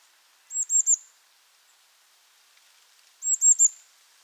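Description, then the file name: Eurasian blue tit uttering two bursts of three thin, high-pitched notes about three seconds apart in otherwise quiet surroundings. "Cyanistes caeruleus"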